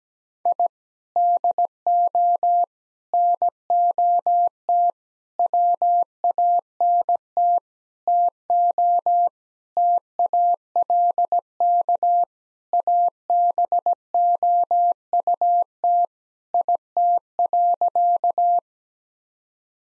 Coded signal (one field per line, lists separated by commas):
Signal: Morse code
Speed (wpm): 17 wpm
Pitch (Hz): 700 Hz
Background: none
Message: I DO NOT WANT TO TALK ABOUT IT.